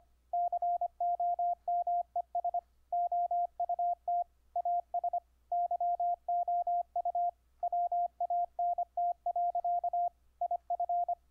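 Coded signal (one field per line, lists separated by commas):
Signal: Morse code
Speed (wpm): 25 wpm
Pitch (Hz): 700 Hz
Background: radio noise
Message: COMES OUT AS YOU WANT. IF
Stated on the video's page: Morse audio tones sent over the internet through a software keyer on Ubuntu, keyed with iambic paddle, straight key, or bug emulation via clip leads.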